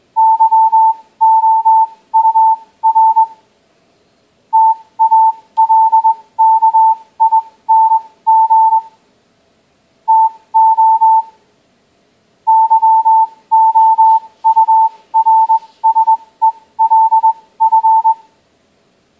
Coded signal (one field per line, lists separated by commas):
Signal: Morse code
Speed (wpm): 20 wpm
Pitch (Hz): 890 Hz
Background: none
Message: YOUR TALKING TO YOURSELF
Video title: G0HYN - Android morse code teaching application - Test 2